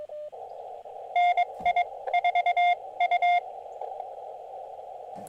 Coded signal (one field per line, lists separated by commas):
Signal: Morse code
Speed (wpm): 22 wpm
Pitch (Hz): 2100 Hz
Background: radio noise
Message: NI4U